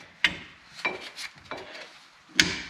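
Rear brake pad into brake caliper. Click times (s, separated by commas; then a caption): 2.4 s. A new metal-backed rear brake pad is fitted into the brake caliper of a 2005 Lotus Elise and pushed until it clicks into its retaining position. Sharp knocks land at about 0.2, 0.9 and 1.5 seconds, with scraping in between, before the loudest, crispest click at 2.4 seconds. The pad is confirmed seated in the caliper.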